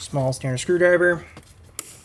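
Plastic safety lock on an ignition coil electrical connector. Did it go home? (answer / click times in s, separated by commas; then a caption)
released / 1.8 s. Someone talks, then a small flat screwdriver pries the plastic safety lock on an ignition coil electrical connector of a 2014–2020 Mercedes-Benz GLA 250 engine. A short, sharp click sounds at 1.8 s as the lock clicks open, releasing it so the white part can pivot up and the plug can be unplugged.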